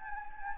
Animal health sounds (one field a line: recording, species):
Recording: mosquito wingbeat signal from an infrared sensor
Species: Anopheles gambiae